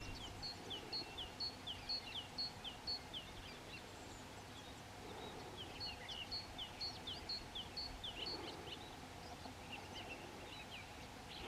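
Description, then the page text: Great tit song, a sharp repeated two-note phrase given in a fast series of about two phrases per second, with a pause then another bout, over steady low background noise. Slovakia. "Sýkorka bielolíca"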